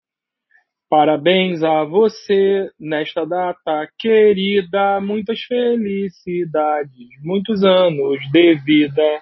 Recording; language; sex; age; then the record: short text; Brazilian Portuguese; male; 40 to 49 years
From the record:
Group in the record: control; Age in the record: 43 years